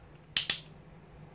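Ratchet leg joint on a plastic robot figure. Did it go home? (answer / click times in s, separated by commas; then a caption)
yes / 0.4 s, 0.5 s. A ratcheted leg joint on a plastic Combiner Wars Devastator combiner robot figure is bent by hand and steps through its ratchet positions. Two sharp, bright clicks sound at 0.4 s and 0.5 s over quiet background noise, and the joint clicks into position.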